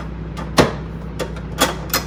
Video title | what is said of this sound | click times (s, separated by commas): Home Maintenance Tips for Sissies: Replace Refrigerator Filter | you'll hear it pop in | 0.6 s